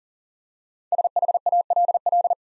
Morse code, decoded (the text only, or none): SHALL